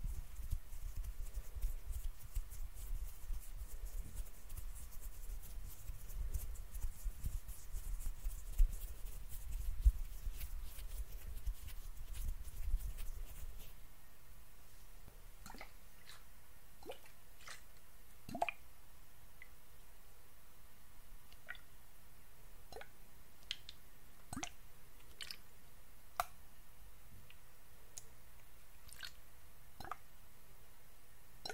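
A face cleaning treatment, starting with a dense, soft rustling and rubbing with a low rumble for about the first thirteen seconds. Then it turns quiet, leaving sparse, sharp little clicks and wet squishy taps every second or two over a faint hiss.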